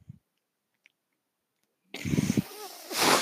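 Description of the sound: After a near-silent pause, a mechanical cycle starts: a low, rumbling pumping sound for about half a second, then a steady airy hiss that rises into a loud rush of air. This is a person's own ventilator delivering a breath.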